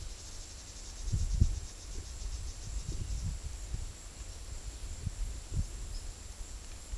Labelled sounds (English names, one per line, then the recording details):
none
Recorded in secondary vegetation near Puerto Asís, Putumayo, Colombia, on 21 February 2024 at 15:00
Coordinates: 0.500, -76.326
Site G6428